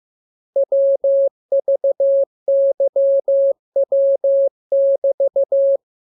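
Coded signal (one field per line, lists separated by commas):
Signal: Morse code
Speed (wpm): 15 wpm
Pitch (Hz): 550 Hz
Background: none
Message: WVYW<BT>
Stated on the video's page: Morse lesson 33: characters sounded first, then a radiogram opening with VVV and =, ending with AR.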